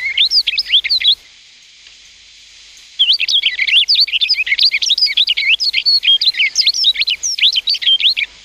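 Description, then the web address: Rustic bunting song: a brief high warbled burst, a pause of about two seconds, then a long run of quick twittering, slurred notes. "sikioto birds kashiradaka"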